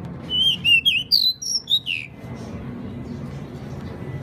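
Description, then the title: Pied bushchat giving a quick run of sharp whistled and slurred notes lasting under two seconds, then only steady background hiss and rumble. Masteran (song-tutor) recording of the bird called decu. "MASTERAN BURUNG DECU"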